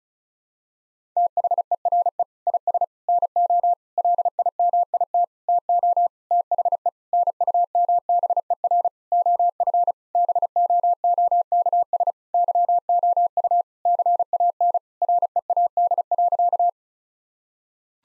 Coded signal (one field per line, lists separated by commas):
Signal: Morse code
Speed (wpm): 36 wpm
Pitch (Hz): 700 Hz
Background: none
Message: THERE IS NO LIMIT TO THE NUMBER OF BOOKS YOU CAN READ.